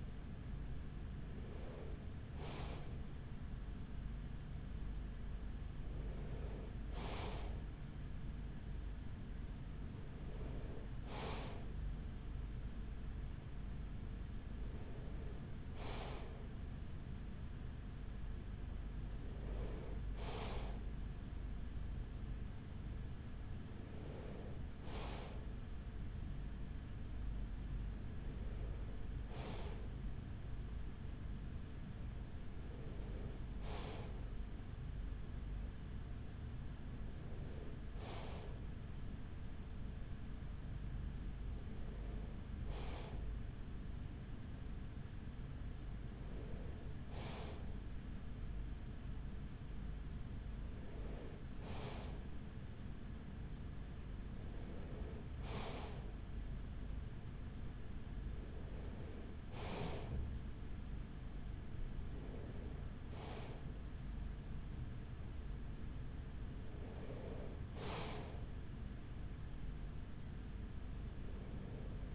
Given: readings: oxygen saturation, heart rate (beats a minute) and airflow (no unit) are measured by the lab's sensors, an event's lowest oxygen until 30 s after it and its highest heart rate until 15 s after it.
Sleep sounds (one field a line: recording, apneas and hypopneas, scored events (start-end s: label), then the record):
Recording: breathing in sleep by a smartphone at the bedside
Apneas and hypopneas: none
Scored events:
17.00-47.00 s: new sleep stage, N2 (light sleep)
47.00-72.15 s: new sleep stage, N3 (deep sleep)
From the record:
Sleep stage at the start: N3 (deep sleep)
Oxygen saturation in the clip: 94%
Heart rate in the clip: 42 to 45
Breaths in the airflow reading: 16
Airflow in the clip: -7.4 to 6.0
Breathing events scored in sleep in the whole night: 207 in 7.6 hours asleep